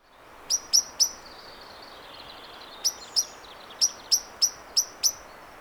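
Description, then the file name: Common blackbird calling with sharp, high ticking notes, three together, a pause, then a series of seven clicks, over soft background hiss. "Turdus merula"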